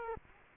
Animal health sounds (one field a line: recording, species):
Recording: mosquito wingbeat signal from an infrared sensor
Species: Culex quinquefasciatus